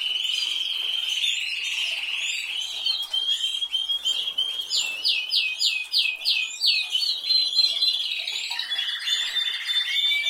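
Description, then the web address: Canary song: a smooth rolling trill for about three seconds, then a rapid series of repeated downward-sweeping notes and a final buzzy roll. "Golchin Best Canari Seda Canari. Niyaz Music)"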